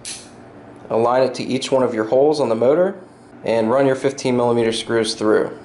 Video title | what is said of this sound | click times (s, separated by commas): OpenBuilds V-Slot™ Nema 23 Linear Actuator (Belt Driven) | simply place the motor onto the plate you should feel it kind of click into place | 0.1 s